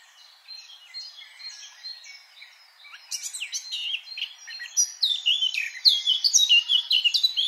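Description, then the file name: Eurasian blackcap song: quiet, subdued warbling for three seconds, then a sudden loud outburst of fast, varied notes that grows brighter toward the end. "Sylvia atricapilla"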